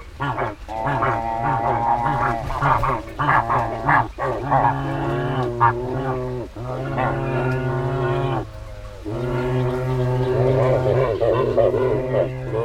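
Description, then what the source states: Dalmatian pelican calls, low grunting and moaning notes with stacked harmonics, in bursts that overlap and swell, with brief gaps. The pelican makes very funny sounds where it breeds and is otherwise hardly heard.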